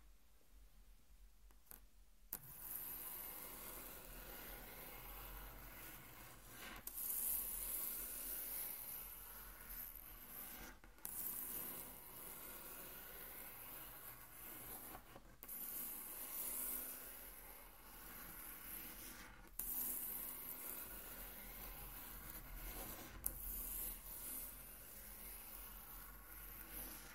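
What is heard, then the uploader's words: Intense tracing across a table makes a steady, dense scraping rasp, with brief sharp breaks roughly every four seconds and bright hissy edges. Intense Table Tracing (No Talking).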